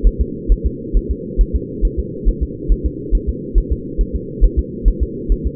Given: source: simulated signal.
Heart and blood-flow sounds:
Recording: fetal heart sounds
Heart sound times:
0.07 s: S1
0.21 s: S2
0.52 s: S1
0.66 s: S2
0.97 s: S1
1.11 s: S2
1.41 s: S1
1.56 s: S2
1.85 s: S1
2.00 s: S2
2.28 s: S1
2.43 s: S2
2.72 s: S1
2.86 s: S2
3.15 s: S1
3.29 s: S2
3.58 s: S1
3.72 s: S2
4.01 s: S1
4.16 s: S2
4.44 s: S1
4.59 s: S2
4.88 s: S1
5.03 s: S2
5.32 s: S1
5.47 s: S2
From the record:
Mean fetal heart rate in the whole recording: 135 bpm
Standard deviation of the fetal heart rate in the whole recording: 3 bpm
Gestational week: 36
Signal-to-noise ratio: -4.1 dB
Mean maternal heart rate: no maternal heart sound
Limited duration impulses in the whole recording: absent

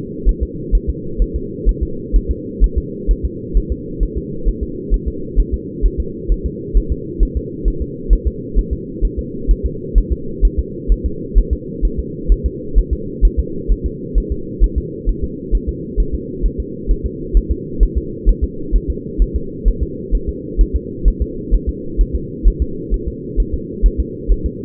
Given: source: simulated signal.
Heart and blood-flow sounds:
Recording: fetal heart sounds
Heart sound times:
0.29 s: S1
0.43 s: S2
0.75 s: S1
0.89 s: S2
1.22 s: S1
1.36 s: S2
1.69 s: S1
1.83 s: S2
2.16 s: S1
2.31 s: S2
2.64 s: S1
2.78 s: S2
3.11 s: S1
3.25 s: S2
3.57 s: S1
3.72 s: S2
4.03 s: S1
4.17 s: S2
4.48 s: S1
4.63 s: S2
4.94 s: S1
5.08 s: S2
5.40 s: S1
5.54 s: S2
5.86 s: S1
6.00 s: S2
6.32 s: S1
6.46 s: S2
6.77 s: S1
6.92 s: S2
7.23 s: S1
7.37 s: S2
7.68 s: S1
7.82 s: S2
8.13 s: S1
8.27 s: S2
8.58 s: S1
8.73 s: S2
9.05 s: S1
9.19 s: S2
9.51 s: S1
9.66 s: S2
9.98 s: S1
10.12 s: S2
10.45 s: S1
10.59 s: S2
10.92 s: S1
11.06 s: S2
11.38 s: S1
11.53 s: S2
11.85 s: S1
12.00 s: S2
12.32 s: S1
12.46 s: S2
12.78 s: S1
12.93 s: S2
13.25 s: S1
13.39 s: S2
13.72 s: S1
13.86 s: S2
14.18 s: S1
14.32 s: S2
14.64 s: S1
14.78 s: S2
15.09 s: S1
15.24 s: S2
15.55 s: S1
15.69 s: S2
16.00 s: S1
16.15 s: S2
16.46 s: S1
16.60 s: S2
16.91 s: S1
17.06 s: S2
17.37 s: S1
17.52 s: S2
17.83 s: S1
17.97 s: S2
18.29 s: S1
18.44 s: S2
18.75 s: S1
18.90 s: S2
19.22 s: S1
19.36 s: S2
19.68 s: S1
19.83 s: S2
20.15 s: S1
20.29 s: S2
20.61 s: S1
20.76 s: S2
21.08 s: S1
21.22 s: S2
21.55 s: S1
21.69 s: S2
22.01 s: S1
22.16 s: S2
22.48 s: S1
22.62 s: S2
22.94 s: S1
23.08 s: S2
23.40 s: S1
23.54 s: S2
23.86 s: S1
24.00 s: S2
24.32 s: S1
24.46 s: S2
From the record:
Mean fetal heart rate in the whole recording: 130 bpm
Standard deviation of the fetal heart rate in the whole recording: 2 bpm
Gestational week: 36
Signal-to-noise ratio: -4.3 dB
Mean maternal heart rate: 72 bpm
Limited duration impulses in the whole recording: absent

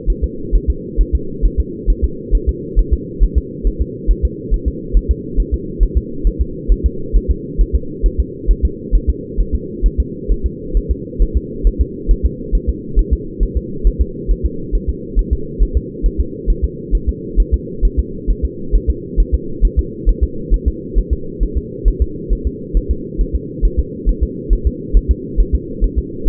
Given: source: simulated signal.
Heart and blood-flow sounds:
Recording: fetal heart sounds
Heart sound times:
0.10 s: S1
0.24 s: S2
0.56 s: S1
0.70 s: S2
1.01 s: S1
1.15 s: S2
1.46 s: S1
1.60 s: S2
1.90 s: S1
2.04 s: S2
2.35 s: S1
2.49 s: S2
2.79 s: S1
2.94 s: S2
3.24 s: S1
3.38 s: S2
3.67 s: S1
3.81 s: S2
4.11 s: S1
4.25 s: S2
4.54 s: S1
4.68 s: S2
4.97 s: S1
5.11 s: S2
5.40 s: S1
5.54 s: S2
5.83 s: S1
5.97 s: S2
6.27 s: S1
6.41 s: S2
6.72 s: S1
6.86 s: S2
7.17 s: S1
7.31 s: S2
7.61 s: S1
7.75 s: S2
8.06 s: S1
8.20 s: S2
8.51 s: S1
8.65 s: S2
8.95 s: S1
9.10 s: S2
9.40 s: S1
9.55 s: S2
9.86 s: S1
10.00 s: S2
10.31 s: S1
10.46 s: S2
10.77 s: S1
10.91 s: S2
11.22 s: S1
11.37 s: S2
11.67 s: S1
11.81 s: S2
12.11 s: S1
12.25 s: S2
12.55 s: S1
12.69 s: S2
12.99 s: S1
13.13 s: S2
13.43 s: S1
13.57 s: S2
13.87 s: S1
14.02 s: S2
14.31 s: S1
14.46 s: S2
14.75 s: S1
14.90 s: S2
15.19 s: S1
15.33 s: S2
15.62 s: S1
15.77 s: S2
16.06 s: S1
16.20 s: S2
16.50 s: S1
16.65 s: S2
16.95 s: S1
17.09 s: S2
17.40 s: S1
17.54 s: S2
17.85 s: S1
17.99 s: S2
18.30 s: S1
18.45 s: S2
18.75 s: S1
18.90 s: S2
19.20 s: S1
19.34 s: S2
19.65 s: S1
19.79 s: S2
20.09 s: S1
20.24 s: S2
20.54 s: S1
20.68 s: S2
20.99 s: S1
21.13 s: S2
21.43 s: S1
21.58 s: S2
21.88 s: S1
22.02 s: S2
22.33 s: S1
22.47 s: S2
22.77 s: S1
22.91 s: S2
23.21 s: S1
23.36 s: S2
23.65 s: S1
23.80 s: S2
24.09 s: S1
24.23 s: S2
24.53 s: S1
24.67 s: S2
24.97 s: S1
25.11 s: S2
25.40 s: S1
25.55 s: S2
25.84 s: S1
25.99 s: S2
26.28 s: S1
From the record:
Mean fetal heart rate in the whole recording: 135 bpm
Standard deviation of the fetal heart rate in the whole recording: 3 bpm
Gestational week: 36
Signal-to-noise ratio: -4.3 dB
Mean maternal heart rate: 72 bpm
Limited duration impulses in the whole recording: absent

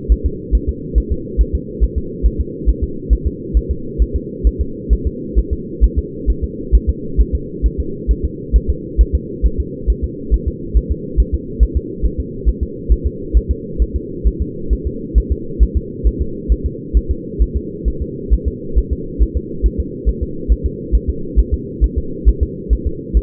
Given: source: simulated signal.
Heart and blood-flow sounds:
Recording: fetal heart sounds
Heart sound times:
0.12 s: S1
0.26 s: S2
0.55 s: S1
0.69 s: S2
0.98 s: S1
1.12 s: S2
1.41 s: S1
1.55 s: S2
1.84 s: S1
1.98 s: S2
2.26 s: S1
2.41 s: S2
2.69 s: S1
2.84 s: S2
3.13 s: S1
3.27 s: S2
3.57 s: S1
3.71 s: S2
4.02 s: S1
4.16 s: S2
4.47 s: S1
4.61 s: S2
4.93 s: S1
5.07 s: S2
5.38 s: S1
5.53 s: S2
5.84 s: S1
5.98 s: S2
6.30 s: S1
6.44 s: S2
6.75 s: S1
6.90 s: S2
7.20 s: S1
7.35 s: S2
7.66 s: S1
7.80 s: S2
8.11 s: S1
8.25 s: S2
8.56 s: S1
8.70 s: S2
9.01 s: S1
9.15 s: S2
9.46 s: S1
9.60 s: S2
9.90 s: S1
10.04 s: S2
10.34 s: S1
10.48 s: S2
10.77 s: S1
10.92 s: S2
11.20 s: S1
11.34 s: S2
11.63 s: S1
11.77 s: S2
12.06 s: S1
12.20 s: S2
12.49 s: S1
12.63 s: S2
12.92 s: S1
13.07 s: S2
13.37 s: S1
13.51 s: S2
13.82 s: S1
13.96 s: S2
14.27 s: S1
14.42 s: S2
14.73 s: S1
14.87 s: S2
15.18 s: S1
15.32 s: S2
15.63 s: S1
15.77 s: S2
16.07 s: S1
16.22 s: S2
16.52 s: S1
16.66 s: S2
16.97 s: S1
17.11 s: S2
17.42 s: S1
17.56 s: S2
17.88 s: S1
18.02 s: S2
18.33 s: S1
18.48 s: S2
18.78 s: S1
18.93 s: S2
19.22 s: S1
19.37 s: S2
19.66 s: S1
19.80 s: S2
20.09 s: S1
20.23 s: S2
20.52 s: S1
20.66 s: S2
20.95 s: S1
21.09 s: S2
21.39 s: S1
21.54 s: S2
21.84 s: S1
21.98 s: S2
22.28 s: S1
22.43 s: S2
22.73 s: S1
22.87 s: S2
23.17 s: S1
From the record:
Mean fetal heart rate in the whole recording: 135 bpm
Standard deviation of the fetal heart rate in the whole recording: 3 bpm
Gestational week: 34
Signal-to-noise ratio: -4.3 dB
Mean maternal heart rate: 72 bpm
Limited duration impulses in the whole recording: absent

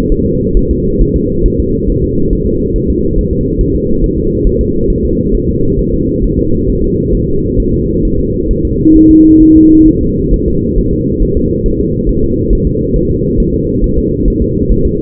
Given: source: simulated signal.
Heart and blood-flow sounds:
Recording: fetal heart sounds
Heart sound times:
0.12 s: S1
0.26 s: S2
0.57 s: S1
0.71 s: S2
1.01 s: S1
1.16 s: S2
1.46 s: S1
1.60 s: S2
1.89 s: S1
2.04 s: S2
2.33 s: S1
2.47 s: S2
2.76 s: S1
2.90 s: S2
3.19 s: S1
3.33 s: S2
3.61 s: S1
3.76 s: S2
4.04 s: S1
4.18 s: S2
4.47 s: S1
4.61 s: S2
4.90 s: S1
5.05 s: S2
5.34 s: S1
5.49 s: S2
5.79 s: S1
5.94 s: S2
6.24 s: S1
6.39 s: S2
6.70 s: S1
6.84 s: S2
7.15 s: S1
7.29 s: S2
7.60 s: S1
7.74 s: S2
8.05 s: S1
8.20 s: S2
8.51 s: S1
8.65 s: S2
8.96 s: S1
9.11 s: S2
9.43 s: S1
9.57 s: S2
9.88 s: S1
10.03 s: S2
10.34 s: S1
10.48 s: S2
10.78 s: S1
10.93 s: S2
11.22 s: S1
11.37 s: S2
11.66 s: S1
11.80 s: S2
12.09 s: S1
12.24 s: S2
12.53 s: S1
12.67 s: S2
12.96 s: S1
13.11 s: S2
13.40 s: S1
13.54 s: S2
13.84 s: S1
13.98 s: S2
14.28 s: S1
14.42 s: S2
14.72 s: S1
14.86 s: S2
From the record:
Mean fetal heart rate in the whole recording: 135 bpm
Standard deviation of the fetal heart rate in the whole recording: 3 bpm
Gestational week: 36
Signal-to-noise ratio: -15.3 dB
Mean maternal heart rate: 72 bpm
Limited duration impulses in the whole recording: present

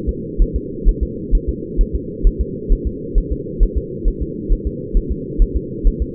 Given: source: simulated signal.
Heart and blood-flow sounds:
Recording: fetal heart sounds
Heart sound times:
0.09 s: S2
0.42 s: S1
0.56 s: S2
0.89 s: S1
1.03 s: S2
1.35 s: S1
1.49 s: S2
1.81 s: S1
1.95 s: S2
2.27 s: S1
2.41 s: S2
2.72 s: S1
2.87 s: S2
3.18 s: S1
3.32 s: S2
3.63 s: S1
3.78 s: S2
4.08 s: S1
4.22 s: S2
4.52 s: S1
4.67 s: S2
4.97 s: S1
5.12 s: S2
5.42 s: S1
5.57 s: S2
5.87 s: S1
6.02 s: S2
From the record:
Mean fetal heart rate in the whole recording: 130 bpm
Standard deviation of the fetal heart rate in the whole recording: 2 bpm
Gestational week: 38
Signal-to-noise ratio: -4.1 dB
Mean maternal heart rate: no maternal heart sound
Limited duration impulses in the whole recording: absent

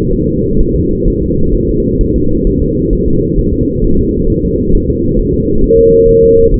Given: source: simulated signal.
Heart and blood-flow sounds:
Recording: fetal heart sounds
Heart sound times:
0.13 s: S1
0.28 s: S2
0.60 s: S1
0.75 s: S2
1.08 s: S1
1.22 s: S2
1.54 s: S1
1.69 s: S2
2.01 s: S1
2.16 s: S2
2.47 s: S1
2.62 s: S2
2.93 s: S1
3.08 s: S2
3.39 s: S1
3.53 s: S2
3.84 s: S1
3.99 s: S2
4.30 s: S1
4.44 s: S2
4.75 s: S1
4.90 s: S2
5.19 s: S1
5.34 s: S2
5.64 s: S1
5.79 s: S2
6.09 s: S1
6.23 s: S2
6.54 s: S1
From the record:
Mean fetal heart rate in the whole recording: 130 bpm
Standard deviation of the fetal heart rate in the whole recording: 4 bpm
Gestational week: 38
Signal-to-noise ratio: -16.4 dB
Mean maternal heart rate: 72 bpm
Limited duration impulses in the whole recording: present

